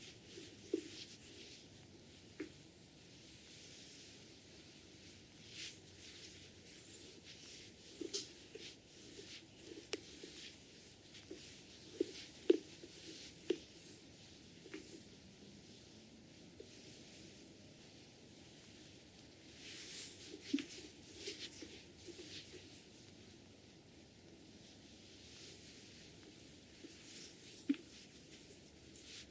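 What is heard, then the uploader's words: Head massage during hair washing: soft, continuous rubbing and rustling, with brighter bursts of scratching as fingers move through the hair. Small wet clicks and taps land irregularly, a few sharper ones near 1, 12 and 28 seconds. ASMR Relaxing head massage with hair washing.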